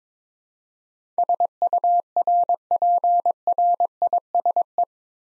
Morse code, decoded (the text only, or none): SURPRISE